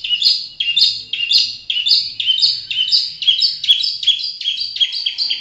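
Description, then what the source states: Long-tailed shrike song: a fast run of harsh, buzzy chattering notes, about two per second, steady and unbroken throughout. Training recording used to teach songbirds.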